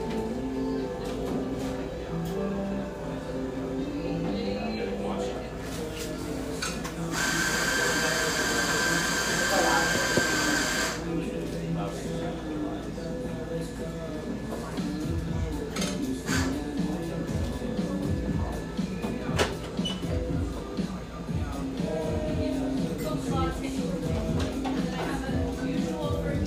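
Café ambience near Laurelhurst Park in Portland: a steady murmur of overlapping conversation with music running underneath throughout. From about 7 to 11 seconds a loud hissing burst, like a steam wand, covers everything, and later sharp clinks and knocks of dishes pop out.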